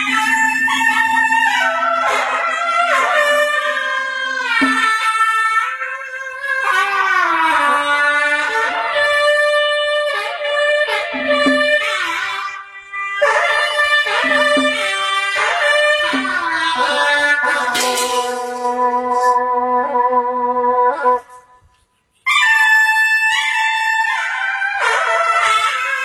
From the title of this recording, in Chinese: 辽阳，唢呐